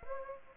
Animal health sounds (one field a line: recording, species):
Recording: mosquito wingbeat signal from an infrared sensor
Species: Aedes aegypti